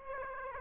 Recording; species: mosquito wingbeat signal from an infrared sensor; Aedes aegypti